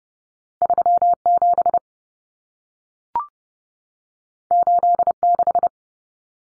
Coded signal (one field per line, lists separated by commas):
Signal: Morse code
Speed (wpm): 30 wpm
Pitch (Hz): 700 Hz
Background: none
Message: 37 86